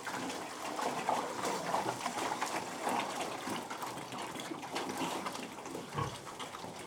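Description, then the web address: Pig feeding with rapid wet slurps and chomps. Domestic pig feeding, recorded at close perspective. "BBC Sound Effects Library Livestock Close Perspective Of Pig Feeding"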